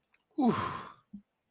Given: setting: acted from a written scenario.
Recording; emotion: vocal sound without words; relief